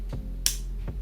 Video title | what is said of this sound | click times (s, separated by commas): ASUS ZenGimbal G3M-B1 Unboxing Video | to release then pull and wait for the click again | 0.5 s